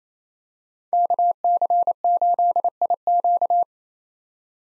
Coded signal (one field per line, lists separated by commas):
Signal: Morse code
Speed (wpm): 28 wpm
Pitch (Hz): 700 Hz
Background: none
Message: KC8IQ